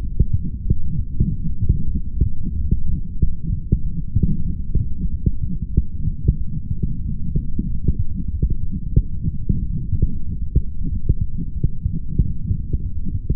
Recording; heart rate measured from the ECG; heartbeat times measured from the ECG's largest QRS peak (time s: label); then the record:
heart sounds by stethoscope; 94 bpm
0.00 s: heartbeat
0.65 s: heartbeat
1.29 s: heartbeat
1.92 s: heartbeat
2.56 s: heartbeat
3.19 s: heartbeat
3.83 s: heartbeat
4.47 s: heartbeat
5.11 s: heartbeat
5.74 s: heartbeat
6.38 s: heartbeat
7.02 s: heartbeat
7.67 s: heartbeat
8.31 s: heartbeat
8.95 s: heartbeat
9.60 s: heartbeat
10.25 s: heartbeat
10.89 s: heartbeat
11.53 s: heartbeat
12.18 s: heartbeat
12.82 s: heartbeat
From the record:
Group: healthy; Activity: light exercise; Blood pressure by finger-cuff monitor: 149/114 mmHg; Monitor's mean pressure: 127 mmHg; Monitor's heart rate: 94 bpm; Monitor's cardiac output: 4 L/min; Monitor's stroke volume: 42 mL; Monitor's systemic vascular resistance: 2390 dyn s/cm5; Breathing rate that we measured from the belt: 22 breaths a minute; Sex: male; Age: 55 years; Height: 167 cm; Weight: 57.2 kg